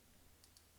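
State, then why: Not seated. A microSD memory card is slid into the card slot of a GoPro Hero 8 Black action camera, pushed along with a fingernail. Two brief, faint high ticks occur at about 0.4 s and 0.6 s over a low steady hum. Nothing has seated or clicked into place yet.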